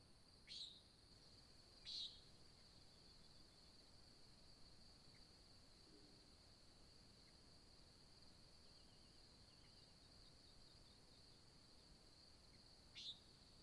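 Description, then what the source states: Nighthawk with short nasal buzzes, two close together early and one near the end, over a steady ringing cricket background. Recorded at Sutton in July 2017 at dawn; labelled as nighthawk competition.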